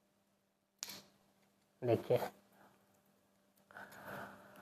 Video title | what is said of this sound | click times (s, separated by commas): Pfn deferent between Pfna2/pfn/pfnA2#viral#hospital#medicalstudent#ottechnician#nursing#education | जो इसमें lock हो जाता है। | 0.8 s